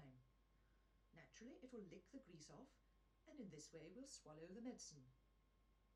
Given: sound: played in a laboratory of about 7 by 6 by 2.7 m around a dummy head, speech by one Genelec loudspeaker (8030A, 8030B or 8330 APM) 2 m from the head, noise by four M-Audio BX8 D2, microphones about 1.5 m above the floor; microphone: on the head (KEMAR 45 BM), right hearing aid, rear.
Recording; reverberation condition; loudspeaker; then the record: female speech in English; low; in front (0 degrees)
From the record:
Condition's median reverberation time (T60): about 310 ms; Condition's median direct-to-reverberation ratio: about 3.5 dB